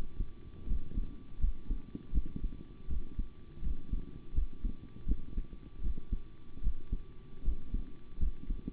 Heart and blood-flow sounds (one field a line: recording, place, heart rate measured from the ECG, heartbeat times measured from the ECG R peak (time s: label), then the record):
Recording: heart sounds by stethoscope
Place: between the tricuspid and mitral areas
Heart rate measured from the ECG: 80 bpm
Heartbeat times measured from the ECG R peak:
0.66 s: heartbeat
1.39 s: heartbeat
2.12 s: heartbeat
2.87 s: heartbeat
3.62 s: heartbeat
4.33 s: heartbeat
5.06 s: heartbeat
5.81 s: heartbeat
6.61 s: heartbeat
7.43 s: heartbeat
8.18 s: heartbeat
From the record:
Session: rest, sitting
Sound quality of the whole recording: good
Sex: male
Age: 25 years